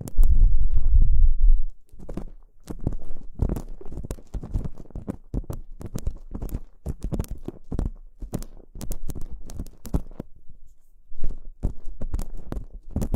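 Ear cleaning, with a heavy low rumble and thumping at the start that fades by two seconds. After that come dense, irregular scratchy crackles and soft brushing rubs, bursts of quick clicks separated by brief quiet gaps, continuing steadily to the end.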